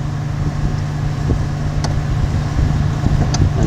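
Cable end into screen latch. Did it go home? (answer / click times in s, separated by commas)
yes / 1.8 s, 3.4 s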